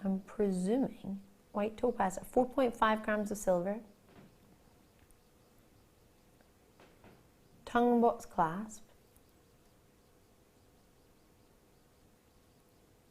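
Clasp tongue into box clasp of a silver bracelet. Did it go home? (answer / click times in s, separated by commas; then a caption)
no / none. Someone talks while handling a 4.5 g silver bracelet, working the tongue of its tongue-and-box clasp toward the box. After the talking stops around 4 s, a few faint, quiet handling ticks follow near 5.1, 6.4, 6.8 and 9.2 s, with a short burst of talk in between. The clip ends before the tongue goes home, so nothing has seated or clicked yet.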